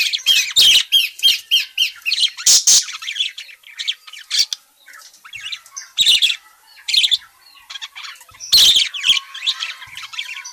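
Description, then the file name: Parakeet giving rapid strings of harsh chirps early on, then scattered squawks and scratchy notes with brief quiet gaps. Parakeet described as gacor (very vocal, chatty), calling. "suara burung parkit gacor memanggil"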